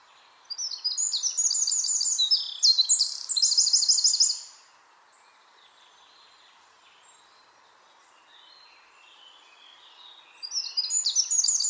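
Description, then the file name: Eurasian wren singing: fast, very high rattling trills and sharp notes in a rapid four-second burst, then quiet, with another trilled phrase starting at the end over steady background hiss. "Troglodytes troglodytes"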